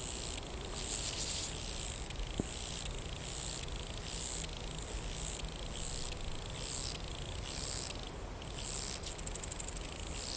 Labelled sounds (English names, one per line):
Lesser Marsh Grasshopper stridulation